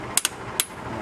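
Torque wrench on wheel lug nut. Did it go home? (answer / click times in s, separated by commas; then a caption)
yes / 0.2 s, 0.6 s. A torque wrench tightens a lug nut on the wheel of a 2003 Chevy Avalanche at a higher torque setting that takes a lot more force. Three sharp, bright clicks ring out at 0.2, 0.3 and 0.6 seconds over a low steady background. The wrench clicks, confirming the nut has reached the set torque.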